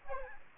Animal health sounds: mosquito wingbeat signal from an infrared sensor; Aedes aegypti

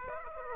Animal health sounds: mosquito wingbeat signal from an infrared sensor; Aedes aegypti

